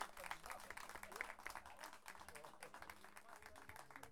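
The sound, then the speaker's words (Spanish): A crowd applauds steadily, dense overlapping claps forming a continuous rattling wash for several seconds, with a few voices murmuring beneath it. “Grande el aplauso nuevamente.”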